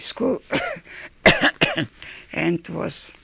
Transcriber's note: coughs